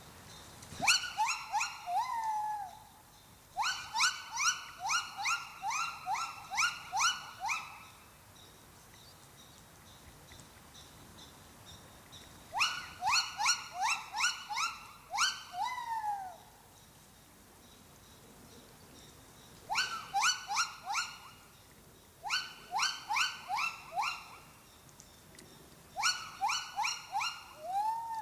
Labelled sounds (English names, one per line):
Silvery Javan Gibbon